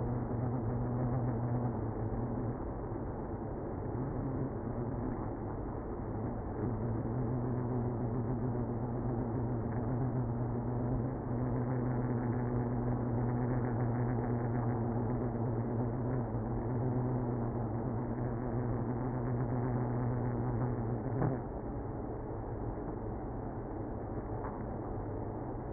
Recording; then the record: honeybee colony, microphone inside the hive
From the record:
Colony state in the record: queenless (queen removed); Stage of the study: after two queens were removed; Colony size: about 60,000 bees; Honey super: yes